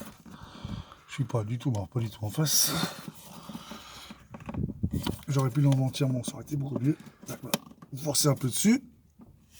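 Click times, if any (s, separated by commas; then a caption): 7.5 s. A plastic air filter housing clip on a Citroën C4 Picasso is pressed down by hand to push it into its housing while someone talks. It snaps shut with a sharp click at 7.5 s, and the clip is seated.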